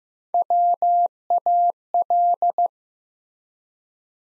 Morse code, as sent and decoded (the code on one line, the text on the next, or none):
.-- .- .-..
WAL